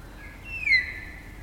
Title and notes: It's late spring at the Karori Sanctuary near Wellington, New Zealand and the kakas – a large species of parrot – are singing their eerie dusk chorus. BBC Countryfile Magazine's Sound Escapes. Recorded by Margaret Bartlett